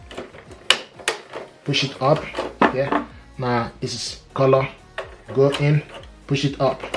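A black plastic ink cartridge is inserted into the carriage slot of an HP Deskjet 3700-series printer and pushed upward into place while someone talks. A sharp snap at 0.7 s marks the cartridge seating home.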